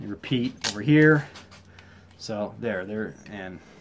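Someone talks while handling a plastic Playmates Voltron 84 lion figure, raising its last leg toward the lion body joint where it will lock into place. Only speech and faint handling sounds are heard. Nothing has seated or clicked yet.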